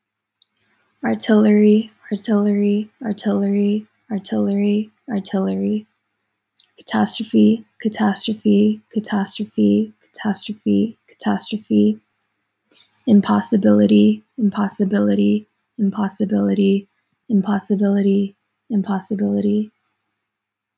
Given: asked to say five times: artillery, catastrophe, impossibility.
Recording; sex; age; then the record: three words, each repeated; female; 20 to 29 years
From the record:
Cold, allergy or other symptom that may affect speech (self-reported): no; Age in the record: 22 years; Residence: Georgia, United States